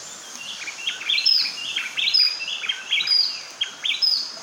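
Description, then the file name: Bay wren singing bright, ringing whistled phrases, each a quick cluster of rising and falling notes, recurring about once a second against steady hiss. "Bay Wren Cantorchilus nigricapillus"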